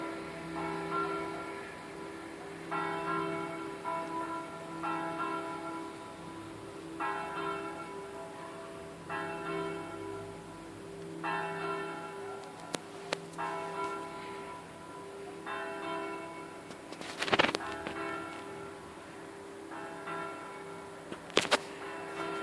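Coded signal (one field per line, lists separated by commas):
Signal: bell signal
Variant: Ave Maria, swing ringing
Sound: one church bell ringing steadily, a stroke roughly every two seconds, with occasional knocks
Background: outdoor ambience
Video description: -h. 20:30: segnale orario della mezza sulla 3^ Mi3 e distesa della stessa.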